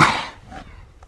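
A single sneeze from an adult: a sharp, loud burst that fades away within a fraction of a second.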